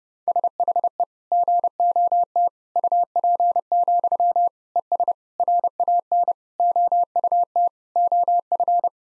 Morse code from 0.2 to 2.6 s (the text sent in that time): SHE GOT